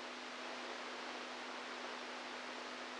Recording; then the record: brain microelectrode recording played as sound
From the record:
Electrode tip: inside the subthalamic nucleus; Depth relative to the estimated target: -2 mm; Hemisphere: right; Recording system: NeuroSet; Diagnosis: Parkinson's disease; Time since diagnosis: 10 years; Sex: male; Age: 65 years